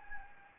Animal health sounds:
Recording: mosquito wingbeat signal from an infrared sensor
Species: Anopheles gambiae

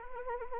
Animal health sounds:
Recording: mosquito wingbeat signal from an infrared sensor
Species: Anopheles arabiensis

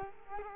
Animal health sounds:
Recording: mosquito wingbeat signal from an infrared sensor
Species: Culex quinquefasciatus

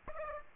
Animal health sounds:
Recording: mosquito wingbeat signal from an infrared sensor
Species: Aedes aegypti

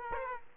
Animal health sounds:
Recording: mosquito wingbeat signal from an infrared sensor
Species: Aedes aegypti

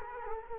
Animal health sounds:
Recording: mosquito wingbeat signal from an infrared sensor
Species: Culex quinquefasciatus

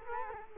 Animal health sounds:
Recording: mosquito wingbeat signal from an infrared sensor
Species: Culex quinquefasciatus

